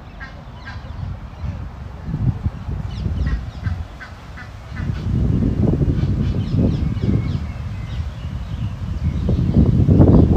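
Walking in Modiin, Israel: steady low rumble and footstep-like thuds grow louder after five seconds, with scattered bird calls overhead throughout.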